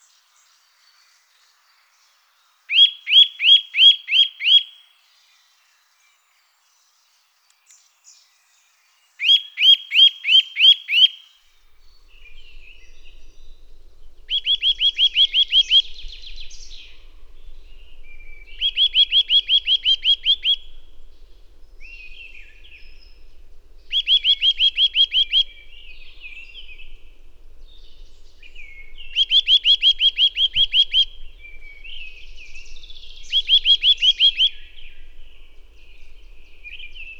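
A Eurasian nuthatch repeats fast, bright trilled phrases every few seconds, with softer chips between and a faint low rumble from twelve seconds on.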